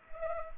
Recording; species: mosquito wingbeat signal from an infrared sensor; Culex pipiens